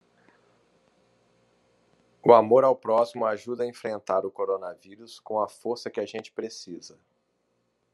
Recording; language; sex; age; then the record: spoken sentence; Brazilian Portuguese; male; 50 to 59 years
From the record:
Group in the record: control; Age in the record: 55 years